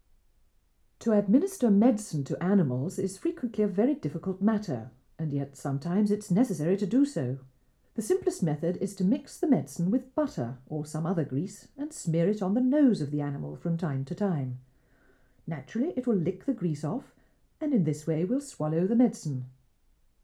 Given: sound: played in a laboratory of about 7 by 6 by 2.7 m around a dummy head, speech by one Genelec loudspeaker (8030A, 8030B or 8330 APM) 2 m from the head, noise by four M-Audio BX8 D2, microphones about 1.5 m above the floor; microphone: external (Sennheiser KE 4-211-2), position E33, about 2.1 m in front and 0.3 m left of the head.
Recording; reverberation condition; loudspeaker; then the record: female speech in English; low; in front (0 degrees)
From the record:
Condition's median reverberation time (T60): about 310 ms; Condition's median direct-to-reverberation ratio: about 3.5 dB